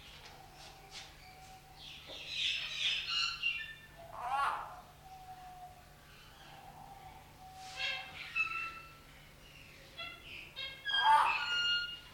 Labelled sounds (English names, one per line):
Common Hill Myna call